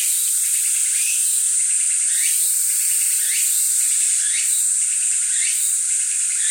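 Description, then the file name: Tsukutsukuboshi cicada song: a steady high hiss with rhythmic rising chirps repeating regularly over a continuous insect drone. Recorded 15 July 2015. "tukutukubousi 150715"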